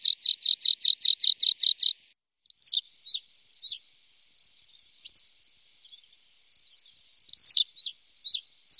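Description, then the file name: Lark song: a fast run of sharp chirps, then a thinner sequence of high whistled notes and quick flicks. Masteran tutor song used to train songbirds. "masteran untuk lark"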